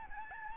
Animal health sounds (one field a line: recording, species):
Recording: mosquito wingbeat signal from an infrared sensor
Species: Aedes albopictus